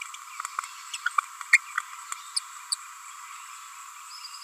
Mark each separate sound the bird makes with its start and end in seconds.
0.93-0.97, 1.05-1.08, 1.53-1.57, 2.36-2.39, 2.72-2.75